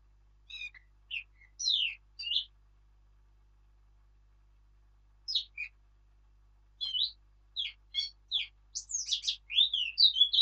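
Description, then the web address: Eurasian blackcap song: short scratchy phrases separated by pauses, building into a fast, loud run of clear whistled notes at the end. "birdsong Sylvia atricapilla"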